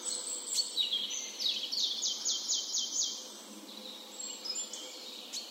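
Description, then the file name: Marsh tit giving a rapid run of six or so bright, high notes, each sliding downward, preceded by scattered chips over a constant background hiss. "Poecile palustris"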